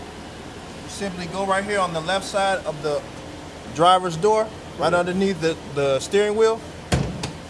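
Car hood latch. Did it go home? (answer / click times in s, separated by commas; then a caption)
released / 6.9 s, 7.2 s. Someone talks as the plastic hood release latch on a 2021 Jaguar F-TYPE R, located in the driver footwell under the steering wheel to the left of the driver's door, is pulled to pop the hood. Two sharp hits follow at 6.9 and 7.2 seconds as the hood is released.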